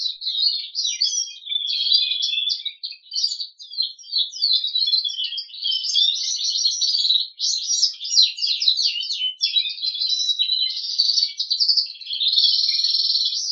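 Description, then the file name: Crested canary song: an extended, fast, rolling stream of varied trills and buzzy twitters, nearly without pause. "kenari jambul"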